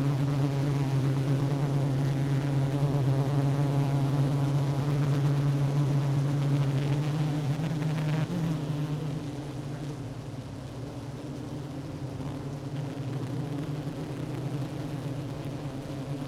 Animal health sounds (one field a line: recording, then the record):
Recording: honeybee colony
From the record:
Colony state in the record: active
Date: 12 June 2018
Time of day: 10:33